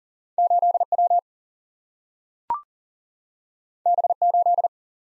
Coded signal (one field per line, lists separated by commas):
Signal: Morse code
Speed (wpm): 42 wpm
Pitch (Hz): 700 Hz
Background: none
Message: 8W B8